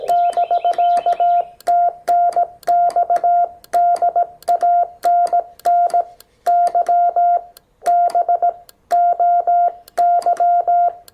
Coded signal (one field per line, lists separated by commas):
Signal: Morse code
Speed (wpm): 18 wpm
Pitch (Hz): 700 Hz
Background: none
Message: <BK> TNX DAN NY B OY